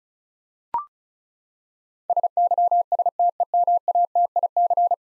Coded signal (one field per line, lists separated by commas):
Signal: Morse code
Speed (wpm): 36 wpm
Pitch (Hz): 700 Hz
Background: none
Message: SYSTEMATIC